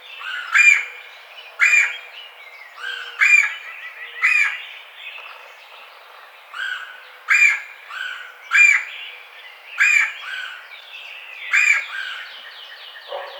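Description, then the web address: Red-bellied woodpecker repeating rolling churrs several times throughout, mixed with other birds' chirps. Recorded 4 May 2009. "Red-bellied Woodpecker 2009 05 04"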